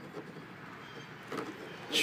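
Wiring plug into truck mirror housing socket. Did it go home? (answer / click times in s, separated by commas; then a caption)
no / none. A keyed wiring connector for the Recon LED mirror light on a 2006 Ford F250 is pushed into its socket inside the truck's mirror housing, with soft handling rustles over a low background rumble and a louder broadband rustle near the end. The connector has not clicked or seated.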